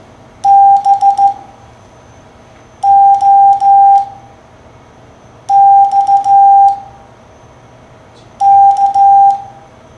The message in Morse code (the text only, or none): BOXK